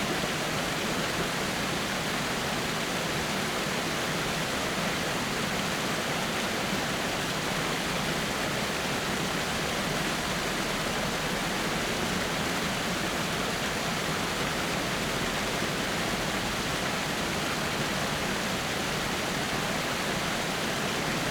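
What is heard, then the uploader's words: A waterfall pours down in a dense, unbroken roar that holds at the same level for the whole stretch. The rush fills everything from a low rumble up to a bright hiss, as if heard from very close, with no separate events standing out. Showered by the Waterfall.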